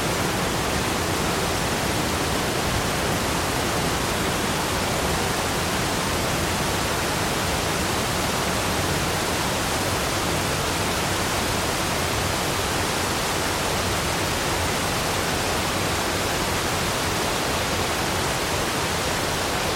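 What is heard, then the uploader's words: A waterfall roars in a steady, unbroken rush that fills everything from a low rumble up to a bright hiss. The sound is dense, holding the same level for the full twenty seconds with no separate splashes or other sounds standing out. Tranquil Waterfall Sounds.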